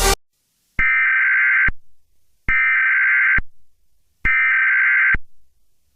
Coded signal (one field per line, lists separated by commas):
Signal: Emergency Alert System (SAME) tones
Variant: header bursts